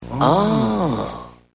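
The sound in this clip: Lion giving one deep, moaning call lasting under a second and a half, its pitch sliding up then falling away, rich in harmonics.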